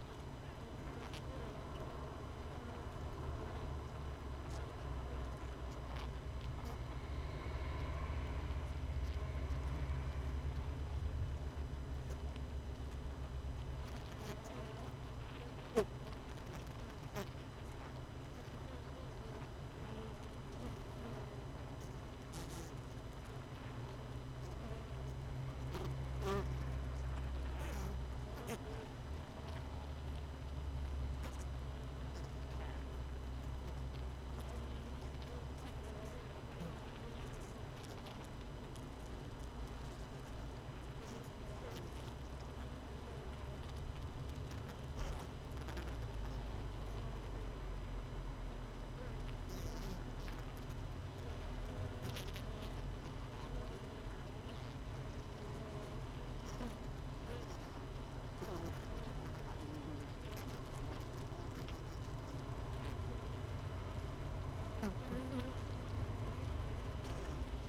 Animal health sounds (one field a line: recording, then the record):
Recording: honeybee colony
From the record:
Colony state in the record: missing queen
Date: 31 May 2018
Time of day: 17:48